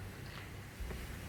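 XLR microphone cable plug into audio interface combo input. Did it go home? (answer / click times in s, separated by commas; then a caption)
no / none. An XLR microphone cable plug is handled at input one of an audio interface's combo jack, against a steady low rumble and broadband hiss. The level rises slightly with a low thump near 0.8 s. Nothing has seated or clicked yet.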